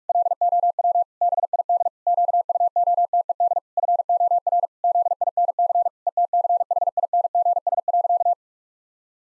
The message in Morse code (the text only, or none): LOW BID QUOTED FOR ZINC ETCHINGS.